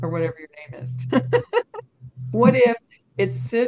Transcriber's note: laughs